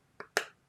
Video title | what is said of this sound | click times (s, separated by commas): LIVE REPLAY: Creative Playful Cards (with Easy Movement!) | If you listen, you'll hear it snap. | 0.4 s